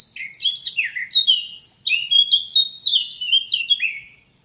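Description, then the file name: Eurasian blackcap song: a lively, loud run of high, varied notes, many sliding down, in quick succession before it fades out. "Sylvia atricapilla"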